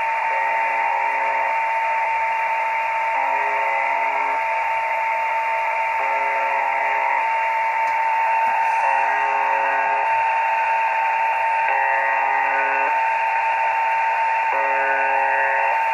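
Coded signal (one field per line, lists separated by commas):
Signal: channel marker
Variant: UVB-76 (The Buzzer)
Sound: short harsh low buzzes, roughly 21 a minute, over hiss and a steady whistle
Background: radio static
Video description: Nadaje na częstotliwości 4625 kHz. W Polsce UVB-76 jest dobrze słyszalny po zachodzie słońca. Potoczna nazwa tej stacji to "brzęczyk" (ang. buzzer)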